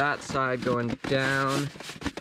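Someone talks while lining up the grooves of a metal stovepipe section for a hot tent stove and pushing one side down onto the next pipe section. A few faint, short handling taps come near the end, around 2.1, 2.2 and 2.3 seconds. Nothing has seated or clicked yet.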